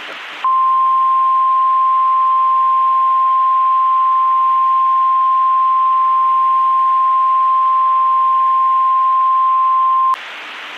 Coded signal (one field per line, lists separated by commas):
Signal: Emergency Alert System (SAME) tones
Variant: 1050 Hz attention tone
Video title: Joke EAS Mock - Telamon ChickenNado warning.